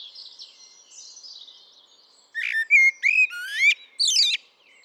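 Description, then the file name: Eurasian blackbird song: quiet high twittering to begin, followed by a loud mellow whistled phrase ending in thin, squeaky high notes. "Turdus merula"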